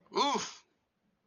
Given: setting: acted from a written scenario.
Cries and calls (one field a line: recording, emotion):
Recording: vocal sound without words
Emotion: negative surprise